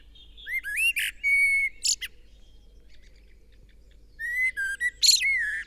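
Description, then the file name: Common blackbird song: mellow whistled phrases gliding up and down, each followed by a squeaky high flourish, two phrases with a quiet gap between. "Turdus merula"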